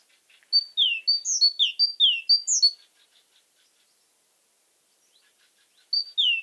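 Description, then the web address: Great tit singing a bright, rhythmic run of paired whistled notes for about two seconds, then near-silence before another phrase begins near the end. "Aktivitetsbanken. Fuglelyder Kjøttmeis"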